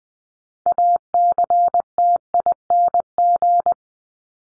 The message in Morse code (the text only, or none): ACTING